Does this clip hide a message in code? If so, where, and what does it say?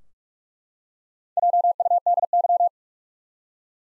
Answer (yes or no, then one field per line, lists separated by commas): yes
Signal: Morse code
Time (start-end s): 1.4-2.7 s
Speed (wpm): 44 wpm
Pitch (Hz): 700 Hz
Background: none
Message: JUDY